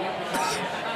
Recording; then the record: coughing mixed with background sound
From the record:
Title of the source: 31 night wet cough